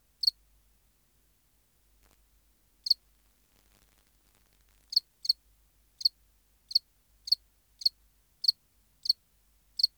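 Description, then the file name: House cricket chirping: brief high pulses, a few scattered early, then steady chirps about every half second to second through the end, sometimes paired. "Acheta domesticus"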